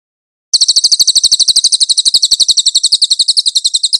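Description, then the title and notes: Velvet-fronted nuthatch song: a sustained, fast series of sharp, high notes forming an even trill that continues without break. Nonstop training recording for cage birds. "MASTER SUARA BURUNG CILILIN. CICILIN"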